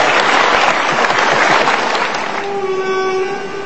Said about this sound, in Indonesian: kita kasih tepuk tangan dong